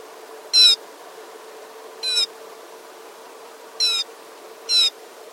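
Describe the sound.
Rufous-necked snowfinch giving four brief, sharp, high-pitched chirps at uneven intervals, with a faint steady hum underneath.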